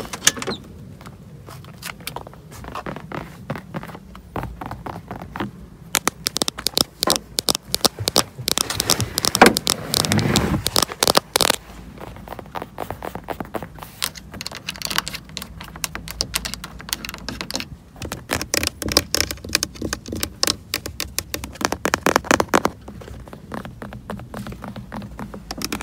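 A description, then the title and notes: Fingers tap on the lens of an old car, a dense run of quick, light clicks that keeps up for the whole stretch. Bursts come faster and louder around the middle, with short pauses between flurries. The sound is dry. ASMR FAST CAR TAPPING LENS TAPPING (OLDTIMER).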